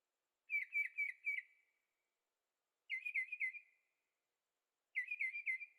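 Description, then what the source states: Bird song: three phrases of four or five rapid whistled notes, each phrase trailing off, roughly two seconds between phrases. Birds singing at night in Carefree, Arizona; recorded with a Zoom H6 and stereo microphones.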